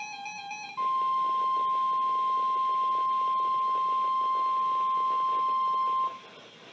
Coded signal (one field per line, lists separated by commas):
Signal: Emergency Alert System (SAME) tones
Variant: 1050 Hz attention tone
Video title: EAS #539-540 - 2 Same Special Marine Warnings 7-3-2014